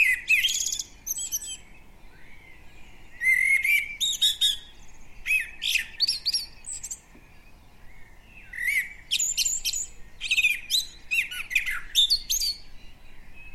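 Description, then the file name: Common blackbird giving bursts of high, chattering and squeaky notes with rapid clicks, in several clusters separated by short pauses, over a faint steady background hiss. "Turdus merula"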